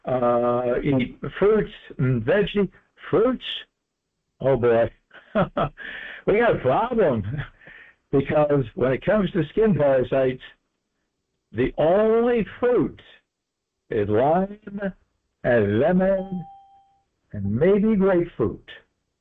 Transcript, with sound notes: eat fruits and veggie." Fruits? Oh boy. (laughs) We got a problem because when it comes to skin parasites, the only fruit is lime and lemon and maybe grapefruit,